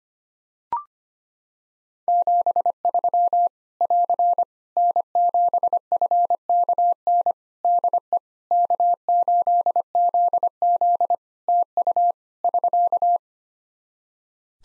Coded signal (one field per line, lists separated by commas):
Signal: Morse code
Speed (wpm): 25 wpm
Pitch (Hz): 700 Hz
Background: none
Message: 73 <AR> N7FKN DE K8ZZ TU <SK>